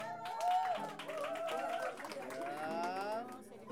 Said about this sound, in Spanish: Ya, a ver, aplausos para …. Gracias. Aplausos para ….